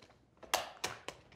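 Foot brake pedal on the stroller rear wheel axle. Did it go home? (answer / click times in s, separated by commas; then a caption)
yes / 0.5 s. A foot brake pedal on the rear wheel axle of an UPPAbaby Vista stroller is pressed, locking into place with a sharp, bright click at 0.5 s, and the brake is then released again. Two more clicks follow at about 0.8 and 1.1 s, with faint rattles before. No one talks.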